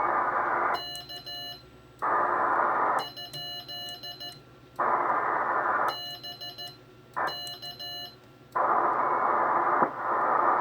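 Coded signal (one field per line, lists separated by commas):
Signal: Morse code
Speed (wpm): 14 wpm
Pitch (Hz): 2900 Hz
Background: radio noise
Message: K ? BK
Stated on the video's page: A CW contact with an operator making his first CW QSO since 1979.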